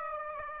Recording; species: mosquito wingbeat signal from an infrared sensor; Aedes aegypti